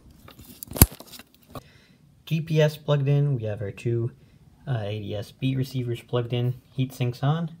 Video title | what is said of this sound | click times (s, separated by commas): How to Build and Program a Stratux ADS-B Receiver with AHRS for Foreflight | Underneath there, you should hear the same click when you install it. | 0.8 s